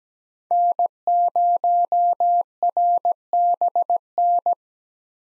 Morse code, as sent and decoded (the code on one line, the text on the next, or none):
-. ----- .-. -... -.
N0RBN